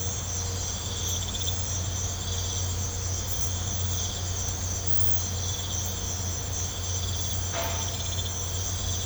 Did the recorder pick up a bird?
no